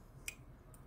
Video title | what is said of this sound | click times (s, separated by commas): Rocktol 29 in 1 Mutli-tool, Long Review | a nice solid click when it gets to that position | 0.3 s